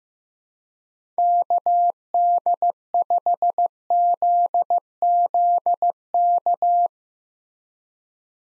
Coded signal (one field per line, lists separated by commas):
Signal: Morse code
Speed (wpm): 15 wpm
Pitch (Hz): 700 Hz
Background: none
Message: KD5ZZK